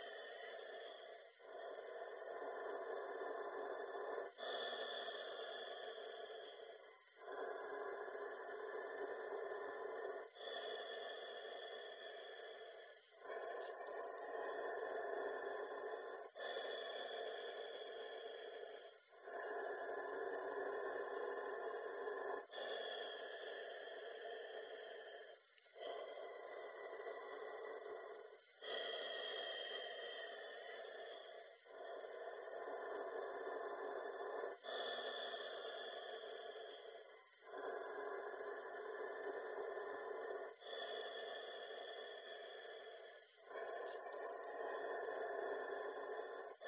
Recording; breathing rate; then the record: paced breathing near a phone; 10 breaths a minute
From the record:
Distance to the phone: 40 cm